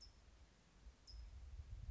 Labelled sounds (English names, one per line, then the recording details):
California Towhee
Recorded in Sonoma County, California